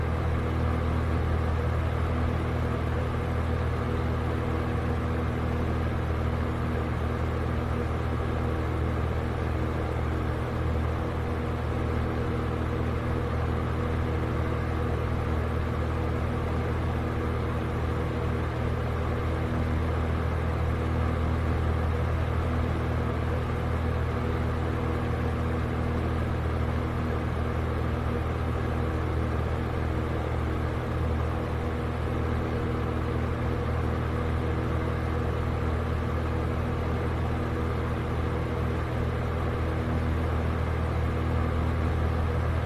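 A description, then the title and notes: A fan runs steadily for the whole clip, a constant whir with a heavy low hum underneath and a few faint steady tones layered in. The sound stays dark and muffled, with no changes or separate events throughout. White Noise Fan Sound 1 Hour On Medium.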